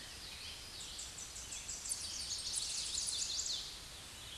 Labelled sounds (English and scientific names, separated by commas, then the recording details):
Tennessee Warbler (Leiothlypis peregrina) song
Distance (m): 20 m
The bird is about 5 m above the microphone
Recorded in a Pennsylvania forest on 16 May 2024 at 08:51
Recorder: AudioMoth, point MSD-2131
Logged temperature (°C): 14.8 °C
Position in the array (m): 55 m, 38 m